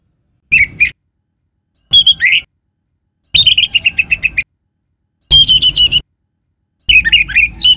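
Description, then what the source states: Orange-headed thrush delivering five short song phrases of rapid warbled notes, one a quick series of repeated chirps, with silences between phrases. Known locally in Indonesian as anis merah; the bird's song.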